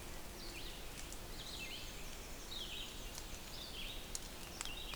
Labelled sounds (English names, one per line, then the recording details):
Red-eyed Vireo song
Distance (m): 105 m
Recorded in boreal forest in Alberta, Canada, on 6 June 2016 at 07:31
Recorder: SongMeter 3, array SBT-3-51
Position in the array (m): 139 m, 89 m